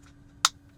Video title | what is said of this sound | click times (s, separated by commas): Tesla Steering Wheel Replacement - The Ultimate Steering Wheel Upgrade & How To Install | there we go you could hear it snap and place so we can take a look underneath and there the tab | 0.5 s